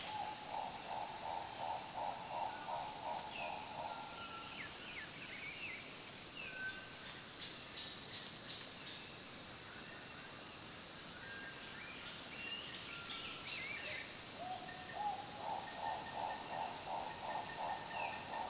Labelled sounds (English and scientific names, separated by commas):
Black-billed Turaco (Tauraco schuettii)